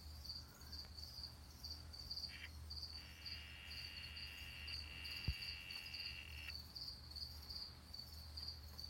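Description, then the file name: Brazilian yellow-backed poison frog gives a short buzz, then a longer even trill of about three and a half seconds, with a single click and constant insect pulsing. "Adelphobates galactonotus calling"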